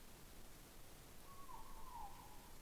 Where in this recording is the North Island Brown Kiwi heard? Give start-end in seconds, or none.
none